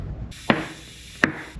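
The second tubeless bicycle tire is inflated with air over a steady hiss, and its bead snaps onto the wheel rim with two sharp, loud pops at 0.5 and 1.2 seconds. The bead is seated on the rim.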